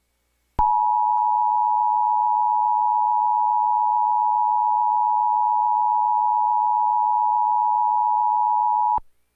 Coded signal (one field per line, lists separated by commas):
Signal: Emergency Alert System (SAME) tones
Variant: 853 and 960 Hz attention tone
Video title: EAS Emergency Alert System Channel: Tornado Warning in Burlington